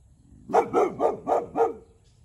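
Boxer dog producing five evenly spaced barks in a rapid series lasting just over a second.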